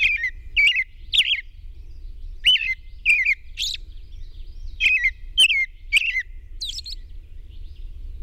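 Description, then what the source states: European robin song: repeated bursts of bright, thin warbling with slurred and jittery high notes, following one another quickly, with low steady background rumble. Recorded at dawn on 21 June 2001.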